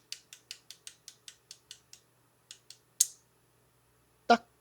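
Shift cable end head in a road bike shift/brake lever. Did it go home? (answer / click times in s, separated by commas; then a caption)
released / 3.0 s. A series of light, evenly spaced clicks from a Shimano road bike's right-hand shift/brake lever is followed by a sharp, loud snap at 3.0 s, when the lever is released with the shift cable held by hand. The snap is the cable's end head popping out of its seat inside the lever body, leaving it dislodged. A dull, heavier knock follows at about 4.3 s.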